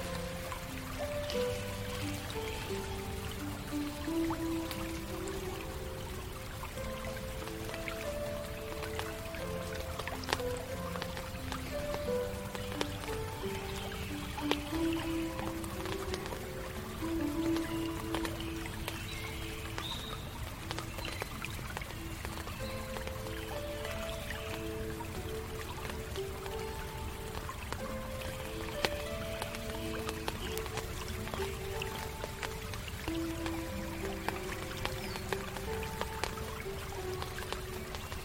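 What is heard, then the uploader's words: Raindrops fall on leaves in a steady, dense patter, while a gentle tune of stepped, held notes plays throughout without pause. Relaxing forest fantasy village. Water flow. Raindrops falling on leaves. Fantasy music.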